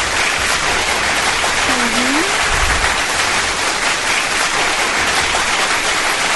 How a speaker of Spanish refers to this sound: Un aplauso, por favor.